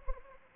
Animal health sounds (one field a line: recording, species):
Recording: mosquito wingbeat signal from an infrared sensor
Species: Anopheles arabiensis